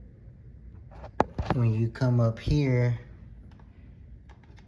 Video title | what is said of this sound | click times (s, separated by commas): 1993 Corvette spark plugs and wires part 1. passenger side | when you hear two clicks you're good to go | 1.2 s, 1.4 s